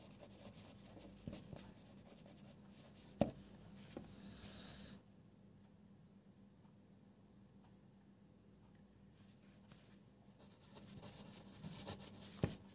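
Pencil scribbling with scratchy strokes, a bright rustle near four seconds, then near silence from five to nine seconds before soft scratching resumes.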